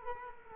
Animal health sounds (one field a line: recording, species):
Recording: mosquito wingbeat signal from an infrared sensor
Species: Culex quinquefasciatus